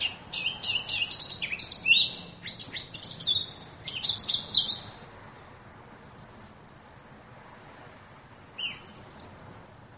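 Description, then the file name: Eurasian blackcap singing a rapid burst of varied, high warbling notes for about five seconds, then quiet before a short high phrase near the end. "moenchsgrasmuecke"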